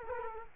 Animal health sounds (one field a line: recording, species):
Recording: mosquito wingbeat signal from an infrared sensor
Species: Culex quinquefasciatus